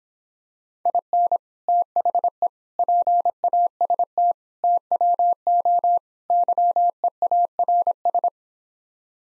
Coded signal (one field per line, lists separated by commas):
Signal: Morse code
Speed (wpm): 26 wpm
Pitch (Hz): 700 Hz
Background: none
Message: IN THE PAST TWO YEARS